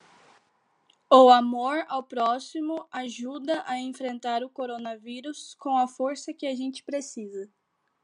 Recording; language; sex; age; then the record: spoken sentence; Brazilian Portuguese; female; 18 to 19 years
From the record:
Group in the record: control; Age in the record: 18 years